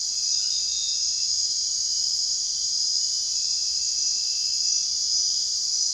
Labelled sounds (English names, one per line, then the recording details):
none
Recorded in secondary vegetation near Puerto Asís, Putumayo, Colombia, on 22 June 2025 at 22:30
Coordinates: 0.498, -76.327
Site GP09